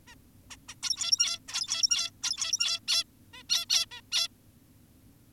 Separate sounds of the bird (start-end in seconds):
0.08-0.15, 0.51-0.56, 0.69-0.75, 0.83-1.39, 1.48-2.11, 2.23-2.80, 2.88-3.04, 3.34-3.43, 3.50-3.66, 3.70-3.86, 3.92-4.01, 4.12-4.28